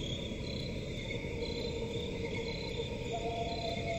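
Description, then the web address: Crickets trilling continuously in several high steady bands, faint soft tones lower down, and a steady low rumbling background. Crickets in a forest at night. "Forest and crickets at night. صدای-آرامبخش-جنگل-و-جیرجیرک"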